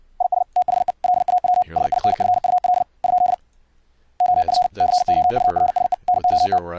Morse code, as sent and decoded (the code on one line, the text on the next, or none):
.. ... / - .... . / .-.. .- .-- / ... .. -. ..-. ..- .-.. / ..--.. / --- ..-. / -.-. --- ..- .-. ... . / -. --- -
IS THE LAW SINFUL ? OF COURSE NOT